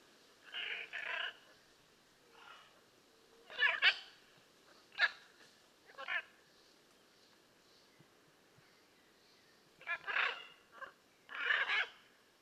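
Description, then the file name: Blue-and-yellow macaw giving harsh, rasping squawks, some doubled, in irregular bursts separated by pauses. "Blue and yellow Macaw Ara ararauna"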